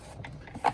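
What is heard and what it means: A plastic cup holder panel is slid back into the dash of a Yamaha G29 Drive golf cart during a key switch assembly replacement (part JW1-H2510-00-00). It is pressed until it snaps into place. Light scraping and small taps come first, then a sharp snap at 0.7 s as the panel seats firmly on all edges.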